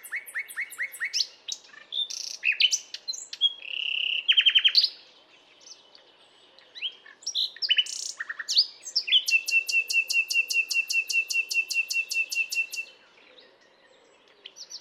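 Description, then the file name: Common nightingale singing loud, varied phrases: repeated chirps, a sustained whistle, then a long fast series of sharp repeated notes before falling silent. "Luscinia megarhynchos"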